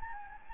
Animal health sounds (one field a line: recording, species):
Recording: mosquito wingbeat signal from an infrared sensor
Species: Anopheles gambiae